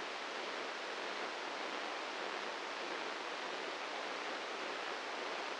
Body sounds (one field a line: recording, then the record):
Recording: brain microelectrode recording played as sound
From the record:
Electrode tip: inside the subthalamic nucleus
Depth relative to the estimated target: 2 mm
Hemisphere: left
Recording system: NeuroSet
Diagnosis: Parkinson's disease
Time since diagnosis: 15 years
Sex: male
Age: 65 years